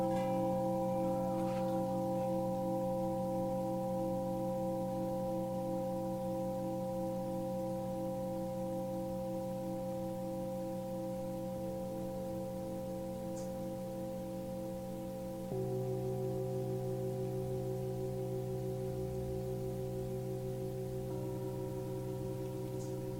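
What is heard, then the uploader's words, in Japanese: Singing bowls ring in long, steady overlapping tones that shift slightly around 11 and 15 seconds, with faint brief chirps at 13 and 23 seconds. Tibetan Singiing Bowl。聖なる木パロサントと特別な樹液を焚きながら シンギングボウルの音色をチャボ達とともにお届けしました。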